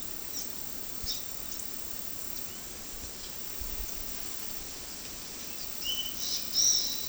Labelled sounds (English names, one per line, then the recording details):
Yellow-rumped Cacique
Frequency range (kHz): Yellow-rumped Cacique 2.1-8.4 kHz
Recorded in secondary vegetation near Puerto Asís, Putumayo, Colombia, on 20 February 2024 at 15:00
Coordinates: 0.500, -76.326
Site G6428